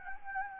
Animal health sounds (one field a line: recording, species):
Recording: mosquito wingbeat signal from an infrared sensor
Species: Anopheles gambiae